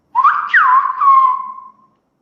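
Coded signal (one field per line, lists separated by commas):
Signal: whistled language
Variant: Silbo Gomero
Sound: a clear whistle gliding up and down in three quick syllables, then fading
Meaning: Good morning in Italian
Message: buon giorno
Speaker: lo oigo en italiano con giorno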